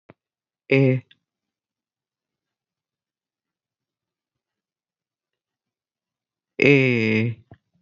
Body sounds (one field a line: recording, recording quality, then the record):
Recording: sustained vowel as in made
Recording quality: excellent, no background noise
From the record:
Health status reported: exposed to COVID-19, no respiratory illness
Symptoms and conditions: none ticked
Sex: male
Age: 30 years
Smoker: not ticked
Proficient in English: yes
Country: United States